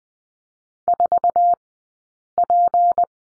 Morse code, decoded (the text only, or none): 4P